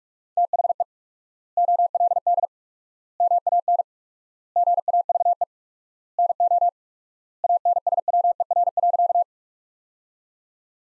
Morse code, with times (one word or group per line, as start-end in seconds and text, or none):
0.4-0.8 THE
1.6-2.5 OLD
3.2-3.8 MAN
4.6-5.4 GAVE
6.2-6.7 NO
7.4-9.2 ANSWER.